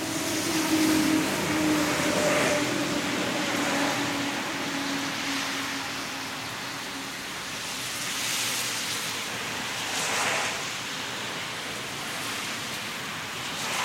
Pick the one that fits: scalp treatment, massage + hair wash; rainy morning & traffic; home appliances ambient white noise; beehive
rainy morning & traffic